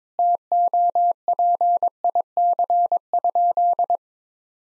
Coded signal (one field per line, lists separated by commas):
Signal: Morse code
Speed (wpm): 22 wpm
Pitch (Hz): 700 Hz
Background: none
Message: TOPIC?